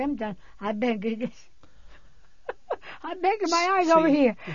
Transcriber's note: she laughs